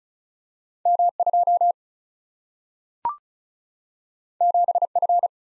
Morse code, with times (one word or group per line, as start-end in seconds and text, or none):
0.9-1.1 M
1.2-1.7 2
4.4-4.9 7
5.0-5.3 F